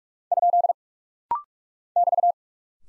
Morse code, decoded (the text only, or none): ? <BT>